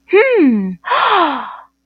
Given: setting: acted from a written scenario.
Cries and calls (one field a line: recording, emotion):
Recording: vocal sound without words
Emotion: interest